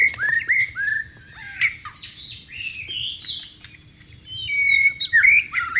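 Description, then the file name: White-rumped shama song: a long run of varied, clear whistles, upslurs and downslurs, with a faint low hum underneath. "suara burung murai batu di alam liar"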